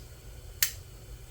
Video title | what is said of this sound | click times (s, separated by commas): E36 LS swap Monster clutch install | snap right in here there | 0.6 s